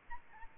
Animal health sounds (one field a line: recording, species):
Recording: mosquito wingbeat signal from an infrared sensor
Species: Aedes albopictus